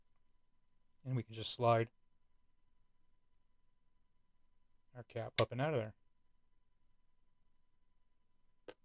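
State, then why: Released. Someone talks while the spring-loaded striker slide cap is pushed and slid out of the striker housing in a P365 pistol slide during a trigger kit installation. A single short, sharp click is heard at 8.7 s as the cap releases, and nothing is damaged.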